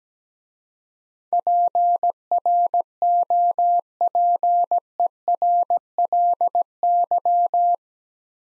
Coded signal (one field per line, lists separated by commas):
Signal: Morse code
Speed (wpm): 17 wpm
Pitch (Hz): 700 Hz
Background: none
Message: PROPERLY